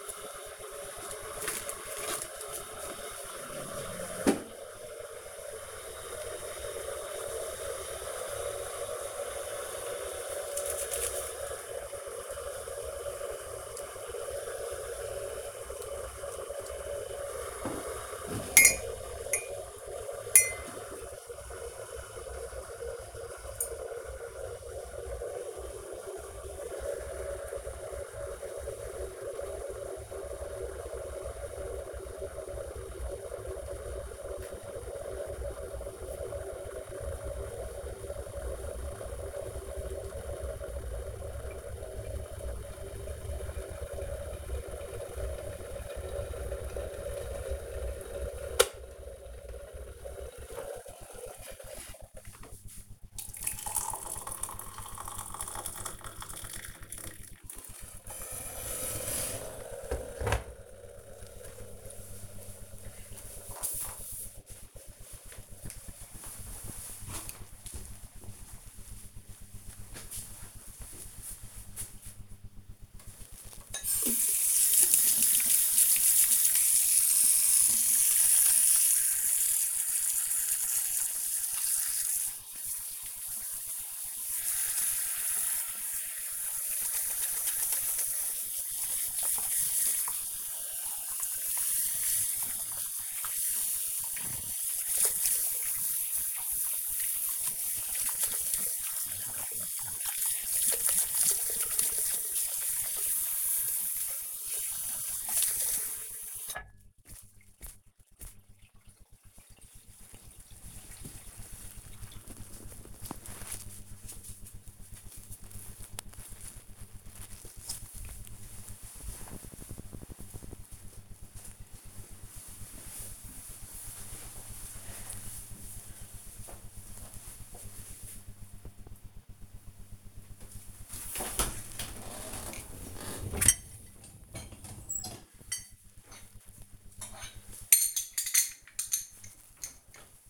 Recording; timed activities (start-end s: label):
household activities, microphone on the right wrist
0.00-61.48 s: making tea
72.52-108.68 s: washing hands
129.80-140.30 s: cleaning out the dishwasher